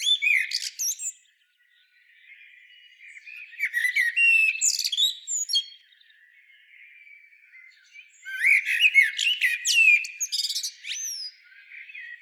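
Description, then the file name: Common blackbird song, three phrases of warbled whistles and high squeaky notes, with quieter pauses in between. "Turdus merula"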